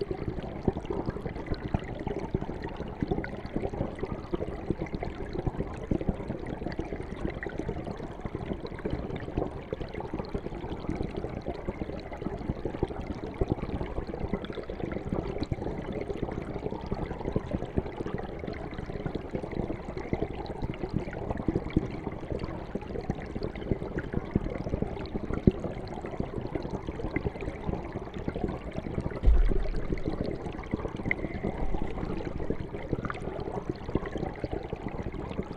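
Underwater in a flowing stream, a steady, dense rush of water churns without pause, fullest in the low and middle range with a faint bright hiss above. Small clicks and bubbling flickers run throughout, and a brief low thump comes near twenty-nine seconds.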